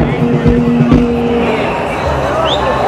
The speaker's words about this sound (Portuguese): O caminhão aqui está chegando.